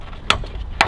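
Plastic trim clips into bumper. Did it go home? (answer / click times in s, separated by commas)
yes / 0.3 s, 0.8 s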